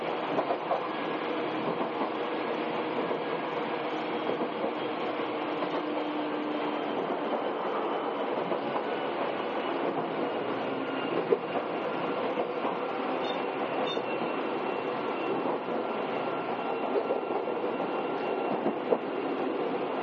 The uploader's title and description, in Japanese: 伊豆急8000系 伊豆急下田〜伊東。伊豆急行線の全区間の録音です